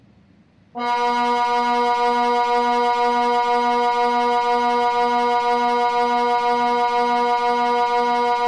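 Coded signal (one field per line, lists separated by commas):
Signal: siren signal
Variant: Swiss Water Alert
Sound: a low, steady, buzzy electronic siren tone that begins abruptly and holds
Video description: Signal: Twelve low steady tones Duration: 6 min. Meaning: Flooding by the reservoir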